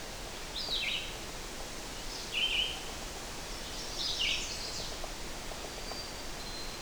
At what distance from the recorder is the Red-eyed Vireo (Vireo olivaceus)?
about 15 m